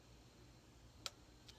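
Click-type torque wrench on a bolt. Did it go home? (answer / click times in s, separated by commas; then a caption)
yes / 1.1 s. A click-type torque wrench set to 20 ft-lbs is pulled slowly on a bolt for a second time, with only a low background hum before it. At 1.1 s it gives a single light, quiet click as it reaches the setting, followed by a fainter tick at 1.5 s. The wrench clicks at its 20 ft-lb setting.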